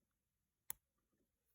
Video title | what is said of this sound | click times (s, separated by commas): Scalextric Lotus C82 (Steering Repair) | and then you can press the rest of the way until you hear a click | 0.7 s